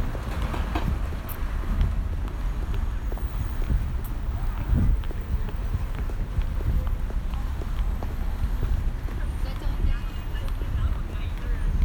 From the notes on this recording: a field recording of a visit to experience the sound piece 'Window Pain' by Colin Siyuan Chinnery, installed at Tattoo Parlour space in Beijing